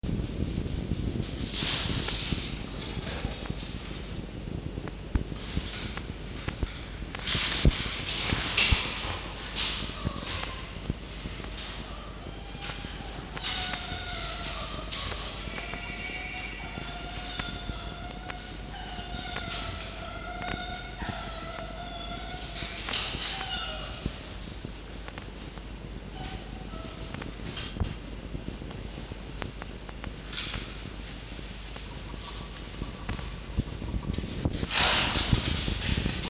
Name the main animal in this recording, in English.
Red Fox